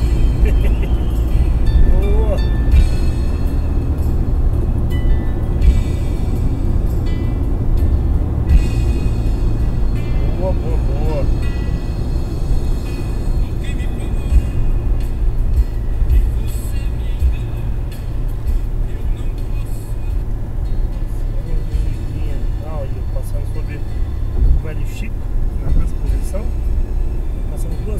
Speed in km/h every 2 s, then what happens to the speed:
112, 111, 110, 109, 109, 108, 106, 106, 106, 104, 102, 100, 99, 100.
0-28 slows to 100.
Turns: none.